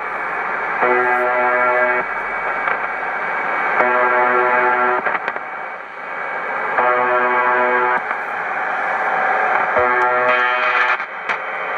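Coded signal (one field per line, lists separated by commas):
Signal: channel marker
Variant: UVB-76 (The Buzzer)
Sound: four harsh one-second buzzes about three seconds apart in steady shortwave hiss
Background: radio static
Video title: UVB-76 The Buzzer / Tecsun PL-660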